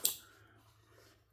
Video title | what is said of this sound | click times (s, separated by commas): Olight Arkfeld Ultra #olight #olightarkfeldultra #knifereview #knifedisassembly @olightworld | Hear it click coming out of there. | 0.1 s